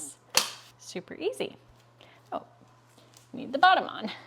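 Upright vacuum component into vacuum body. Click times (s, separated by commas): 0.4 s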